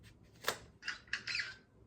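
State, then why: Seated. A plastic attachment piece is fitted onto a collectible Ahsoka Tano lightsaber hilt, with a sharp tap near 0.5 s and bursts of bright plastic handling noise. A small click at 1.1 s marks the piece seating in place, followed by more scraping and rustling.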